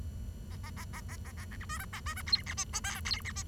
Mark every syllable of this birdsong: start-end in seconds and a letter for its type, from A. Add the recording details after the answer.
0.51-0.56 A, 0.63-0.70 A, 0.76-0.84 A, 0.93-1.00 A, 1.08-1.16 A, 1.25-1.31 A, 1.37-1.45 A, 1.51-1.56 B, 1.61-1.65 C, 1.69-1.78 D, 1.79-1.85 E, 1.93-2.00 A, 2.06-2.14 D, 2.16-2.22 E, 2.26-2.42 F, 2.46-2.54 G, 2.57-2.64 H, 2.73-2.80 I, 2.84-3.00 J, 3.05-3.21 F, 3.25-3.32 G, 3.35-3.43 H. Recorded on 23 June 2012 at 10:41. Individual gr41rd51